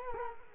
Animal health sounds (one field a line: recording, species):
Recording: mosquito wingbeat signal from an infrared sensor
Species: Culex quinquefasciatus